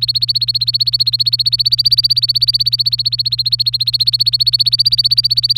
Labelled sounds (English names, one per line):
Domestic Canary song